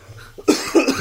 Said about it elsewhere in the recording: I had a cough that like needed to come out right at the start, and I couldn't get rid of it.